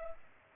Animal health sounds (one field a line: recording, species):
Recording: mosquito wingbeat signal from an infrared sensor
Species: Culex pipiens